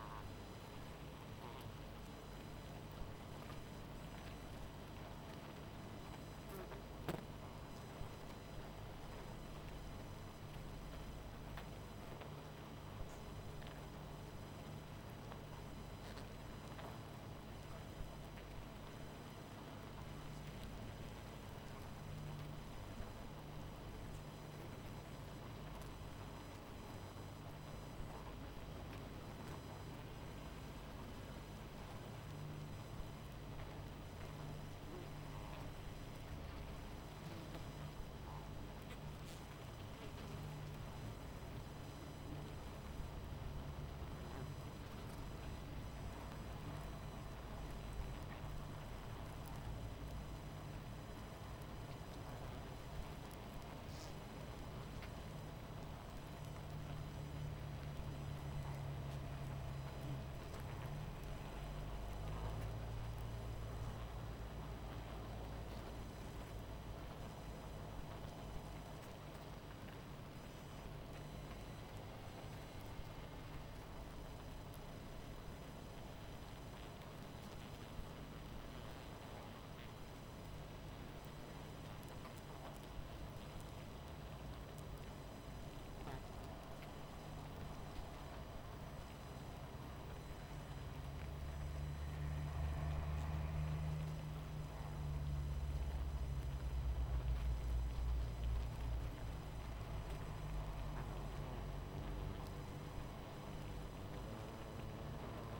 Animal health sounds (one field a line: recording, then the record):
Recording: honeybee colony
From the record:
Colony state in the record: missing queen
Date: 14 July 2017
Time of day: 22:18